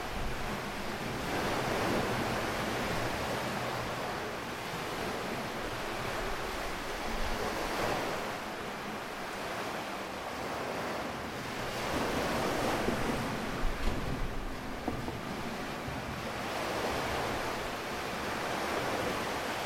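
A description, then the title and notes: Water washes steadily beneath a bridge, surging every few seconds in soft broad swells over a low rumble, with faint wind. A stereo recording from under the bridge that connects two small islands in southwest Florida.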